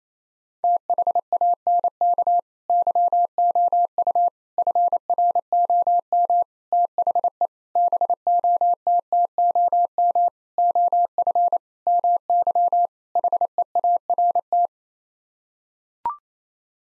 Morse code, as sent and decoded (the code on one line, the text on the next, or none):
- .... .- -. -.- / -.-- --- ..- / ..-. .-. --- -- / - .... . / -... --- - - --- -- / --- ..-. / -- -.-- / .... . .- .-. -
THANK YOU FROM THE BOTTOM OF MY HEART